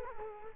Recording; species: mosquito wingbeat signal from an infrared sensor; Culex quinquefasciatus